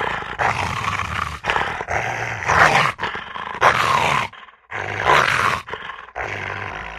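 Rottweiler: dog snarling and barking in rough, gravelly bursts roughly one per second, with a short silent gap midway through.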